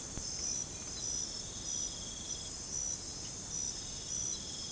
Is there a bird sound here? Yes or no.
no